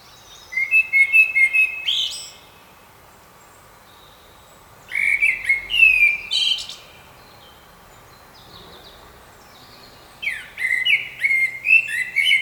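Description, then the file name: Common blackbird singing three separate phrases a few seconds apart, each a fluting warble with scratchy high twitters, with quiet gaps between. "Turdus merula"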